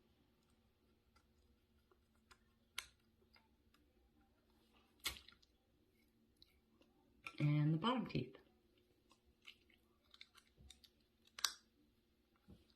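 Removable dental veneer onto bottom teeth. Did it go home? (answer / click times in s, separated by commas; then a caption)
yes / 11.4 s, 11.5 s. Someone talks briefly, then a removable, custom-made plastic/resin snap-on veneer for the bottom teeth is pressed onto the wearer's teeth. Faint scattered ticks come first, then two sharp clicks at 11.4 s and 11.5 s as the veneer seats.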